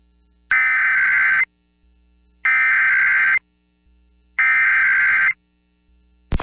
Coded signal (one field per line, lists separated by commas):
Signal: Emergency Alert System (SAME) tones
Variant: header bursts